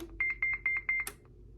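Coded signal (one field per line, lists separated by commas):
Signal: roger beep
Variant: Stryker factory beep 1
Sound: four quick high beeps in a row, then a short burst of static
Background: radio squelch tail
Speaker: Now here's your first Roger beep. Now this is factory.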